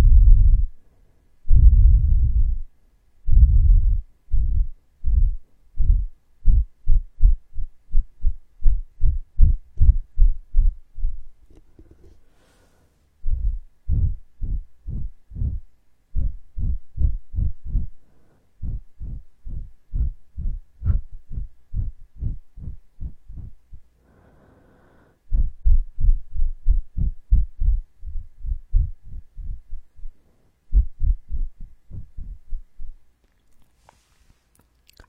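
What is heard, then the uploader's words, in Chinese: Muffled ear massage with no talking: deep, regular rubbing thumps repeat two or three times a second, pausing briefly around 12 and 25 seconds. 无人声按摩耳朵。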